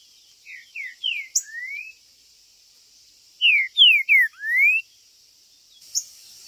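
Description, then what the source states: Green-winged saltator song: two whistled phrases of short falling slurs leading into a rising whistle, with sharp high clicks and a steady high hum. Singing, chirping and territorial male calling (macheando) in a singing contest (disputa).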